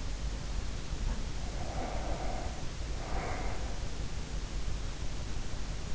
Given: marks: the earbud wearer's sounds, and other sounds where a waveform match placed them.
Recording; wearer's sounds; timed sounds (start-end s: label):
sounds in sleep by an in-ear microphone; breath
0.80-4.24 s: sound from someone else or the room
1.31-4.24 s: breath